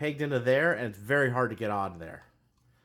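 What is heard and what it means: Someone talks while handling a small plastic peg accessory being pushed into a tight peg hole on a Transformers Siege Jetfire action figure, a part that is very hard to get on. Speech fills the clip until about 2.3 s, then it goes quiet. Nothing has seated or clicked yet.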